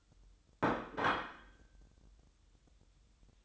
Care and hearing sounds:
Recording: daily activity, microphone in the room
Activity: place plate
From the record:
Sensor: 3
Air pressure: 988.6 hPa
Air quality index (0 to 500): 199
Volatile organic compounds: 351 ppm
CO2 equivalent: 4586 ppm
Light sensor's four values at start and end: 22/71/29/25 and 22/71/30/25

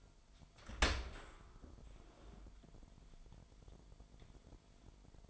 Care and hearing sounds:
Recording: daily activity, microphone in the room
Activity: open dishwasher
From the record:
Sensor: 5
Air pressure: 998.4 hPa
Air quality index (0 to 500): 84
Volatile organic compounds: 1 ppm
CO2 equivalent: 962 ppm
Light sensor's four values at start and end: 20/47/20/22 and 20/48/20/22

